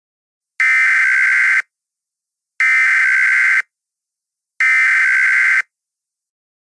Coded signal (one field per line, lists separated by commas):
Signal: Emergency Alert System (SAME) tones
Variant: header bursts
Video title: The Hack - EAS Scenario 2